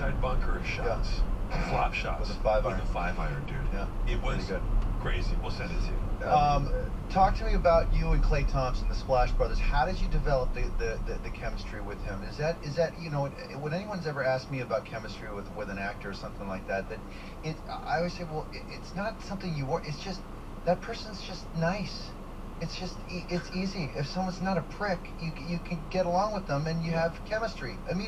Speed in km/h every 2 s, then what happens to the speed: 42, 42, 39, 34, 27, 15, 8, 0, 0, 0, 0, 0, 0, 0.
0-14 slows to 0. 14-28 standing.